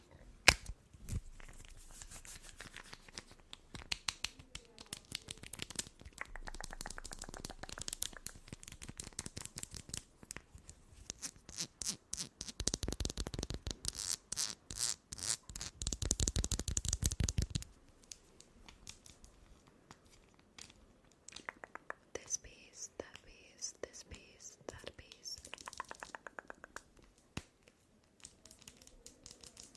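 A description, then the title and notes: Rapid tapping on chocolate packaging, crisp clicks coming in quick dense runs. The tapping turns fastest and loudest from about 12 to 18 seconds, with brief crinkling of wrapper between bursts, then eases into lighter, sparser taps. ASMR FAST CHOCOLATE TAPPING.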